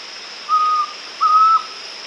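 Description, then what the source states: White-throated antpitta song of two clear, level whistled notes, each about a third of a second, separated by a short pause, over a faint steady hiss. South America.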